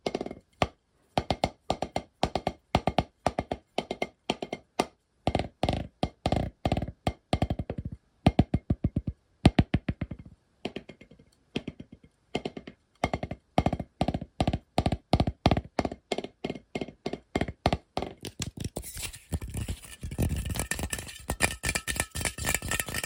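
Fast, aggressive tapping in a dense, irregular stream of sharp knocks, turning into rougher, brighter scratching with a steady hiss near the end.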